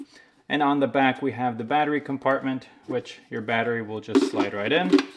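A 20V XR 5Ah slide-in power tool battery is handled at the battery compartment on the back of a DeWALT DXAE20VBBK 20V Battery Booster jump starter while someone talks for most of the clip. A few faint handling knocks sound near the end. Nothing has seated or clicked yet.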